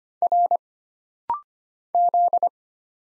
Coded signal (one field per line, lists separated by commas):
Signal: Morse code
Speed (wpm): 25 wpm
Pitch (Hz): 700 Hz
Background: none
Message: R Z